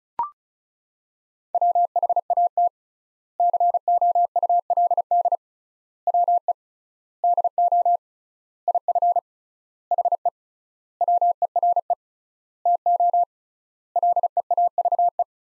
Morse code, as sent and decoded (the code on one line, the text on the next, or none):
.-- .... .- - / -.-. --- ..- .-.. -.. / .-- . / -.. --- / .. ..-. / .... . / .-- . .-. . / - --- / .-.. . .- ...- .
WHAT COULD WE DO IF HE WERE TO LEAVE